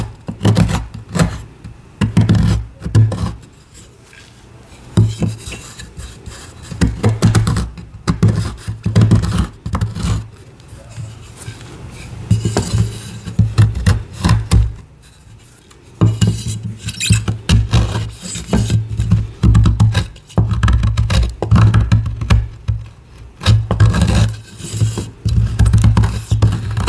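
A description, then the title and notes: Dry scraping and rasping of gym chalk being carved, in dense irregular bursts with short pauses, gritty crunches and a low thud. Carving gym chalk asmr, including crushing a crispy, crunchy reformed gym chalk into a gym chalk bomb.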